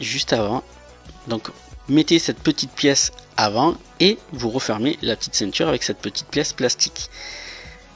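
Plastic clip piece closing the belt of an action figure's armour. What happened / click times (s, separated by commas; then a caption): Handled, the small plastic clip has not snapped shut yet / none. A small plastic clip piece is being used to close the small belt of a metal and plastic action-figure armour (Saint Seiya Myth Cloth, Bandai). Someone talks throughout while faint music plays underneath. Nothing has seated or clicked yet.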